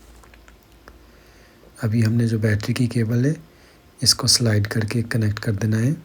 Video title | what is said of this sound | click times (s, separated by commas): ASUS TUFF SSD & Ram upgrade ( HINDI + ENGLISH SUBTITLES ) | अंदर डालना है और इसे प्रेस करना ये ऑटोमेटेकली लॉक हो जाएगी अभी | 0.9 s